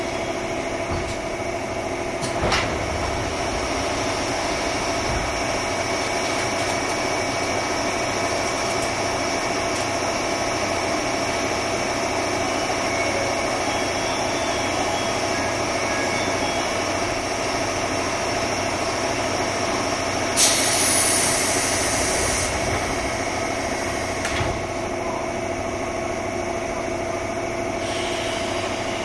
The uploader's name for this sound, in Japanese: JR201系 桃谷〜桃谷